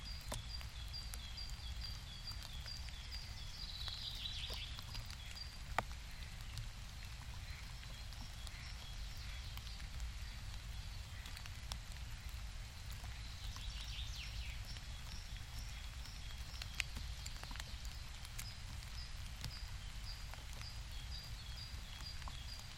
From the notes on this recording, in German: Einfach mal Regen